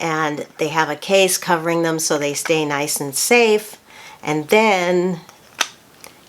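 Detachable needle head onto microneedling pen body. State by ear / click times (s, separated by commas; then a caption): seated / 5.6 s. Someone talks, then a detachable plastic needle head is clipped back onto the body of a handheld microneedling pen. It snaps into place with a sharp click at 5.6 s, followed by a fainter tick at 6.0 s.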